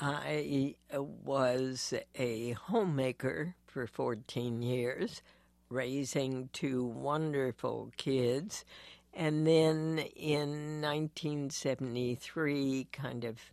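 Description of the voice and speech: Adult woman speaking with spasmodic dysphonia, a disorder arising in the basal ganglia of the brain that makes the vocal cords clamp down inappropriately. She is treated every 4 to 5 months with botulinum toxin injected into the vocal cords, last in early September, and currently has a cold.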